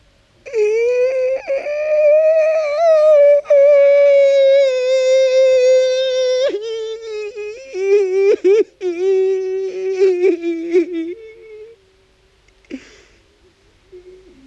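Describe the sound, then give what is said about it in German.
A long, loud wailing cry from a weeping man, one sustained high moaning tone that wavers slightly, then breaks into shaky, sobbing fragments before trailing off into quiet breaths. “Sein Gesicht fängt an zu zucken, Augen, Nase, Lippen und Kiefer zittern, Wasser läuft aus den Augen, der Atem wird schneller, aus dem Mund kommt ihm ein langer Klageweibton.”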